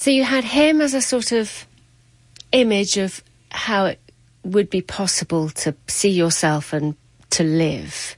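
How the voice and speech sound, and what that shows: An adult asks a question in clear, fluent conversational speech with natural pauses, a typical normal voice.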